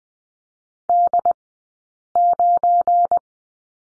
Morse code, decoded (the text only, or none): D9